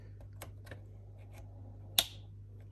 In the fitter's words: make sure you hear the snap again and you're done now you can put your cluster back in